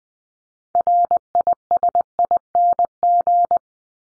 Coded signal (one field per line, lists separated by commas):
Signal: Morse code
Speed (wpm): 20 wpm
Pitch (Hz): 700 Hz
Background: none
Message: RISING